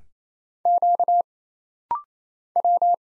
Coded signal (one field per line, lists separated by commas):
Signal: Morse code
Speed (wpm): 27 wpm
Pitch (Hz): 700 Hz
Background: none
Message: Q W